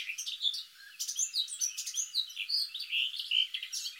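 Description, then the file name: Eurasian blackcap: busy, high-pitched twittering notes tumbling together, with a brief lull early on. "Sylvia atricapilla"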